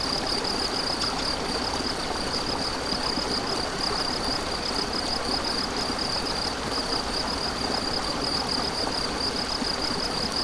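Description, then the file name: Crickets trill continuously in quick high pulses while a stream rushes loudly and evenly underneath. Crickets beside a stream, recorded 7 May 2014 on an MZ-N 710 recorder. "MZ-N 710 Ruisseau et grillons 7 05 14"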